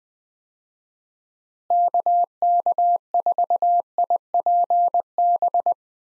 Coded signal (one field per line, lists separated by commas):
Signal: Morse code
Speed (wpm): 20 wpm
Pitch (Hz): 700 Hz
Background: none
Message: KK4IPB